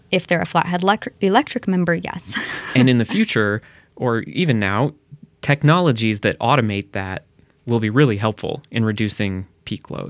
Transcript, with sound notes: If they're a Flathead Electric--Electric member. Yes. [laughs]
And in the future, or even now, technologies that automate that will be really helpful in reducing peak loads.